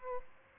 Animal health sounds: mosquito wingbeat signal from an infrared sensor; Aedes albopictus

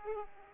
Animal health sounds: mosquito wingbeat signal from an infrared sensor; Aedes aegypti

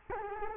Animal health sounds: mosquito wingbeat signal from an infrared sensor; Culex quinquefasciatus

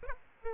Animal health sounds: mosquito wingbeat signal from an infrared sensor; Aedes aegypti

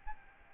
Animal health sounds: mosquito wingbeat signal from an infrared sensor; Aedes albopictus

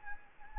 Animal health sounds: mosquito wingbeat signal from an infrared sensor; Anopheles gambiae

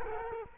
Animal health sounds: mosquito wingbeat signal from an infrared sensor; Culex quinquefasciatus

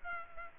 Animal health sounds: mosquito wingbeat signal from an infrared sensor; Culex pipiens

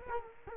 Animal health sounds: mosquito wingbeat signal from an infrared sensor; Culex quinquefasciatus

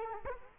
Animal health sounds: mosquito wingbeat signal from an infrared sensor; Culex quinquefasciatus

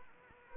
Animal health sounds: mosquito wingbeat signal from an infrared sensor; Anopheles arabiensis

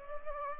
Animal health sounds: mosquito wingbeat signal from an infrared sensor; Culex pipiens

